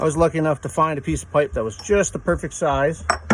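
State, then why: Not seated. Someone talks while handling a snap ring that was not seated on the bottom of the gear shaft in the chaincase of a 2016 Arctic Cat M 8000 snowmobile, using a piece of pipe of just the right size to tap it down into its groove. Light metallic clinks come through near the end of the speech. The snap ring has not seated yet.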